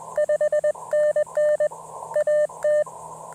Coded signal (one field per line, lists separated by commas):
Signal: Morse code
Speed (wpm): 22 wpm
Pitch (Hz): 590 Hz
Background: none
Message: 5NN AT